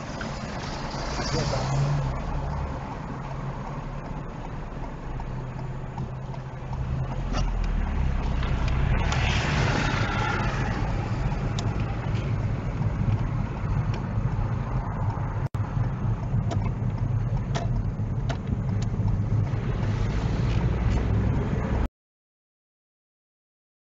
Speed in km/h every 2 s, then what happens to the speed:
0, 0, 0, 5, 13, 15, 15, 15, 13, 21, 24, 27.
0-5 standing. 5-9 pulls away to 15. 9-16 steady at about 15. 16-24 speeds up to 27.